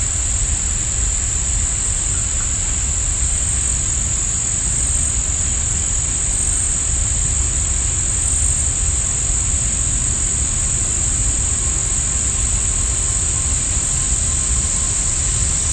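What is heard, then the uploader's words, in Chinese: Deep in a forest, a dense, unbroken chorus of insects shrills high and bright, steady for the whole stretch. Beneath it sits a low, constant rumble like wind, with no distinct events standing out. 深林深处_美国伊利尼奥斯。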